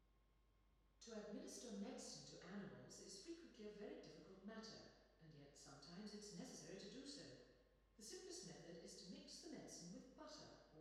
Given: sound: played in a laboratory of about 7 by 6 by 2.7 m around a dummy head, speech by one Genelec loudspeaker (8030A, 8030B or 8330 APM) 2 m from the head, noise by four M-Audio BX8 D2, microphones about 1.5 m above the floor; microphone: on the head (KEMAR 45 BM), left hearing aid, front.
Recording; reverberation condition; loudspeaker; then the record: female speech in English; high; 30 degrees to the right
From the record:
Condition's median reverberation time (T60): about 1300 ms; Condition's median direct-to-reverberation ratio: about -4.0 dB